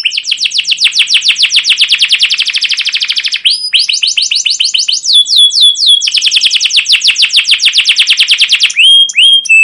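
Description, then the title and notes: Canary singing rapid rolling trills of dense repeated chirps, broken by short bursts of sweeping upslurred whistles, continuous and loud throughout. Canary song with "cuit cuit" chirps, used as a lure to stimulate other canaries and as a master song for young canaries learning sounds. "CUIT CUIT NGEROL LANGSUNG GACOR PANJANG Kenari Ini AMPUH Utk Pancingan KENAR. PANCINGAN Kenari GACOR PANJANG Cuit CUIT EMOSI ini AMPUH utk MASTERAN Kenari PAUD belajar BUNYI. burung kenari"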